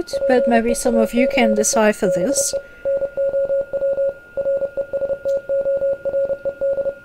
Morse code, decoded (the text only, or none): PEACE BE NOW RESTORED